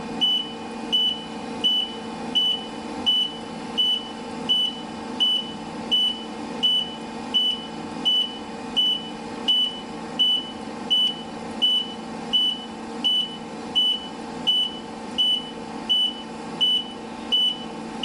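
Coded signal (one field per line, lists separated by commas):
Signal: alarm pattern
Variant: vehicle reversing beeper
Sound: continuous high-pitched beeps, about 25 evenly spaced, over a running diesel engine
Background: truck engine rumble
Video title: Reversing Truck beep, Sound Effect, reverse beeper, vehicle back up alarm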